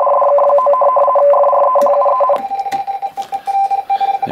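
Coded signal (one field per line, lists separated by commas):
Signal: RTTY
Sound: rapid warbling between two close tones, then a single pulsing tone with static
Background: radio static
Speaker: you can see the commodore 64 here it's trying to decode some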